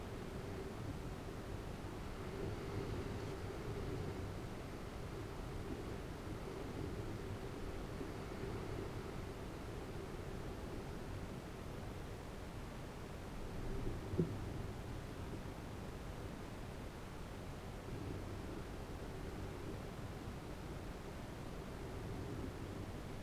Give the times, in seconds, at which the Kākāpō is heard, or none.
none